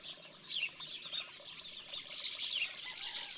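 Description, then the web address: Eurasian blue tit song, a thin high trill of rapid repeated notes rising out of a soft hissing background, with faint high chirps before it. "la-mesange-bleue, cuicui-et-compagnie"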